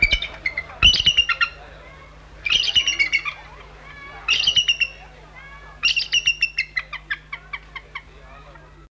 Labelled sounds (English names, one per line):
Bald Eagle call